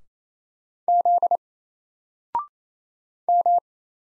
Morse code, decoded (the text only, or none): Z M